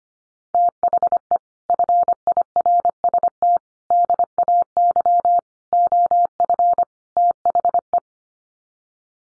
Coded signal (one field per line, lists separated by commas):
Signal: Morse code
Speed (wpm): 25 wpm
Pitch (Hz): 700 Hz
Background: none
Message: THE FIRST DAY OF THE